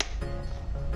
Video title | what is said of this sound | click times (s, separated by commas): Latest Modular Helmet - GULLWING - Kresto Graphic - Best Under Rs.6000 -@smkhelmets9800-@BikerGyaani | होगा ऊपर करके इसको लॉक तो लॉक हो जाएगा तो के | 0.0 s